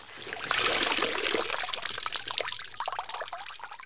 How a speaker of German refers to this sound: Hier wird dann noch Wasser aus dem Brei herausgepresst. Ungefähr so.